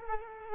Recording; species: mosquito wingbeat signal from an infrared sensor; Culex quinquefasciatus